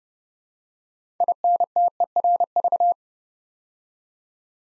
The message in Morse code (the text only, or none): INTERV